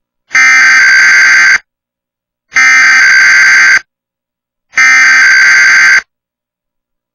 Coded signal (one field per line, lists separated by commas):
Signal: Emergency Alert System (SAME) tones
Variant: header bursts